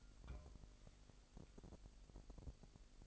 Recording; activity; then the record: daily activity, microphone in the room; take from stove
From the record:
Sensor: 5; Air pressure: 1002.1 hPa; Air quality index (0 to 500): 278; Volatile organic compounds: 48 ppm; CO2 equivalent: 3262 ppm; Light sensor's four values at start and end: 20/43/19/21 and 20/42/19/21